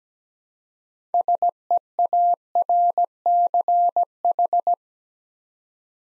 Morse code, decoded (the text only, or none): SEARCH